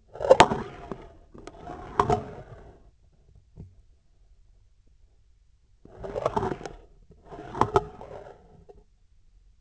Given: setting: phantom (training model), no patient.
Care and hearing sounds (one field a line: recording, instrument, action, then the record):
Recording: laparoscopic instrument, vibration sensor on the handle end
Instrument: scissors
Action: approaching and retracting movements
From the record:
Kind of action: spatial motion